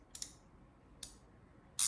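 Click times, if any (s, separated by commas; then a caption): 0.1 s, 1.0 s. A metal DHS reamer is fed from top to bottom through a metal triple reamer assembly and wiggled until it comes out the other side. Sharp metallic clicks sound at 0.2 s and 1.0 s, with a broad, louder burst near the end, and the clicks mark the size setting. The reamer has passed through and seated in the assembly.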